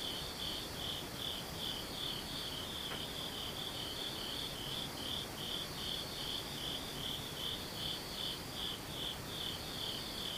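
An insect, likely a cricket, trills without pause in high, bright pulses, repeating several times a second and holding steady for the full ten seconds. Underneath lies a constant low hiss of outdoor noise, with one faint click near three seconds.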